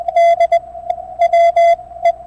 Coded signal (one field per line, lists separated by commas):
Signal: Morse code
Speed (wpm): 21 wpm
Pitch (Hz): 680 Hz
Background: none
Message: D W E